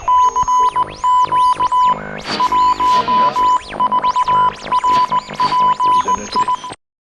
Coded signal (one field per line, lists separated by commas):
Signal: Morse code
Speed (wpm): 18 wpm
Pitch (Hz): 1000 Hz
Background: music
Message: CQ 14RPI